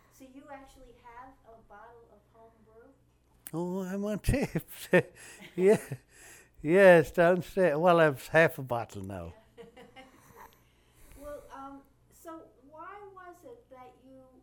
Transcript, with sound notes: You actually have a bottle of home brew?
Oh I want to tell ----- Yeah. [Laughs] Yeah, it's downstairs. Well, it's half a bottle now.
[Laughs] So why was it that you...